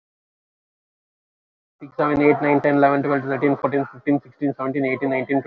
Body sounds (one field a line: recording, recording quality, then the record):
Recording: counting at a fast pace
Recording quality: moderate, slight background noise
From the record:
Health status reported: recovered from COVID-19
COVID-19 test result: positive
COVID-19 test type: RT-PCR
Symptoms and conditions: cough, cold, sore throat, fatigue, muscle pain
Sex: male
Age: 37 years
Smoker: no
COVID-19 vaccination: both doses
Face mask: worn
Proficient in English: yes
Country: India